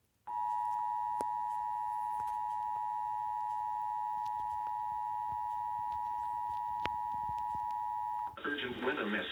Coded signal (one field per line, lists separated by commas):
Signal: Emergency Alert System (SAME) tones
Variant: 853 and 960 Hz attention tone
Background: speech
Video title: EAS Alert - Severe Thunderstorm.